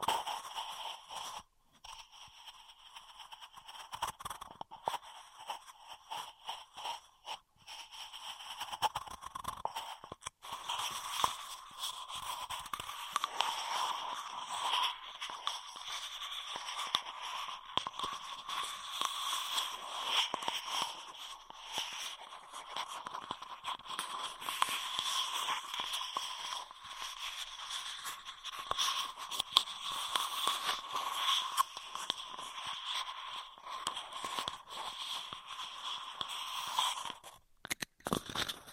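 Straw sounds fill the whole clip with dense, rapid crinkling and scratchy scraping, bright and busy, with a sharp burst near the end.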